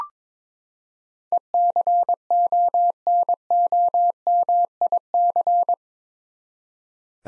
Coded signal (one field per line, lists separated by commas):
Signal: Morse code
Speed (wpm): 22 wpm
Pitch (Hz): 700 Hz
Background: none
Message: ECONOMIC